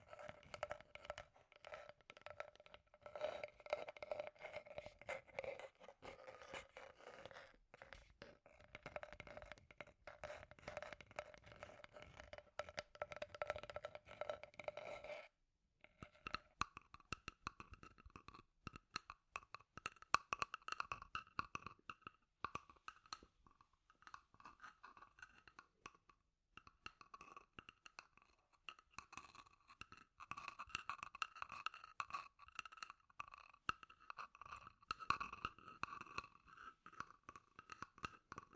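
Scratchy tapping goes on throughout, a dense run of quick, dry clicks and scrapes with no steady beat. A brief pause near fifteen seconds splits it; the first half carries a lower ringing tone, and after the break the sound turns brighter and more uneven.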